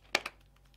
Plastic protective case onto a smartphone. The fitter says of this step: elle se clipse très bien je suis content